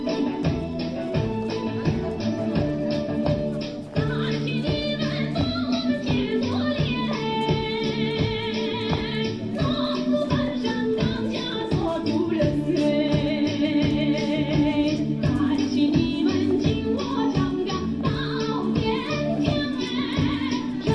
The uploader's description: Village dancing in their local square. Socializing. Music.